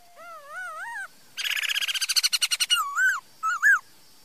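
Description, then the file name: Laughingthrush giving a wavering whistle, then a rapid rattling buzzy series, and finishing with loud sharply slurred notes. "Tieng khuou hot"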